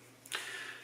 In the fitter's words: that just goes slides back in and clicks back in